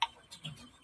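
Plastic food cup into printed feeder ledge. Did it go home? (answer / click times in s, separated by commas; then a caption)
yes / 0.0 s. A standard half-ounce plastic food cup is pressed into a light green, 3D-printed silk-filament gecko feeder ledge and snaps into place with a sharp, bright click at 0.0 seconds. Two fainter ticks follow at about 0.5 and 0.8 seconds. The cup is seated firmly so it won't pop out.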